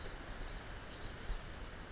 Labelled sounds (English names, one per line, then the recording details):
Blue-gray Gnatcatcher
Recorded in Sonoma County, California